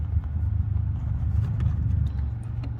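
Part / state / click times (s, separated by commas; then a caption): retaining clip over an engine component / not seated / none. A metal retaining clip over an engine component is handled, to be swung back over the top of the part and clipped down on one side with no screws or bolts. Only a steady low rumble is heard, with no distinct clicks or sudden sounds. Nothing has seated or clicked yet.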